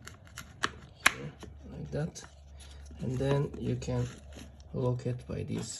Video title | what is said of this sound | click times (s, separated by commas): Citroen C4 Picasso/Peugeot 1.6 HDi Fuel Filter Replacement DIY and Location | κουμπώνει ακριβώς εδώ | 0.6 s, 1.1 s